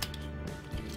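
A plastic torso panel on an APC Toys Giant Hammer Bulkhead transforming robot toy is handled as it is about to be pressed down into the toy's body, giving short light ticks near 0.0 and 0.1 s over a steady low background hum. Nothing has seated or clicked into place yet.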